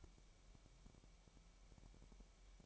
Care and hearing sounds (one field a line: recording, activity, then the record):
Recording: daily activity, microphone in the room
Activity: take from stove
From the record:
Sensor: 1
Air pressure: 1002.0 hPa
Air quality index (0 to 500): 247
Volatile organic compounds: 51 ppm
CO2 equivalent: 3315 ppm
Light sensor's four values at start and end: 6/13/5/6 and 6/13/5/6